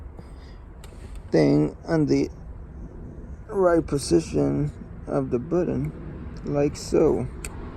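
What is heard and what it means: A chrome trim ring is lined up with its tab on a BMW car's start/stop button, handled by someone who talks throughout, with faint small handling sounds under the voice. Nothing has seated or clicked yet.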